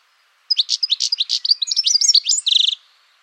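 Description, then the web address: A bird sings one rapid phrase of varied high chirps and slurred notes, ending in a brief buzzy trill, then stops. "cianscape birddata Deverinetal 2025 Bird Only"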